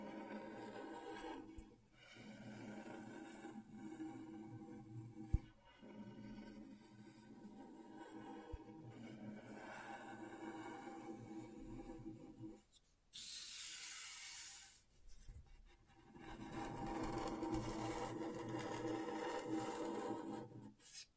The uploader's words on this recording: ASMR Brain Tingling Scratchboard (No Talking).